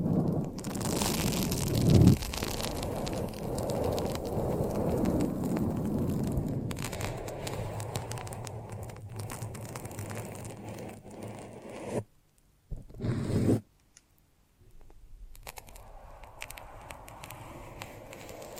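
Squishing, sticky foam noises fill the first half, dense and crackly with a sharp pop just after two seconds. The sound thins and quiets after about seven seconds, cuts to near silence around twelve seconds, gives a brief squelch near thirteen, then returns softly.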